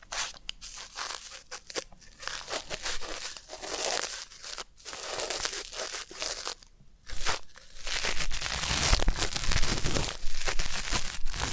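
ASMR ear cleaning sounds: dense, crackly crinkling and scratching that comes in uneven bursts, with short quiet gaps near two, five and seven seconds. After the last pause the rustling grows fuller and more continuous, with a bright crackling surge around nine seconds.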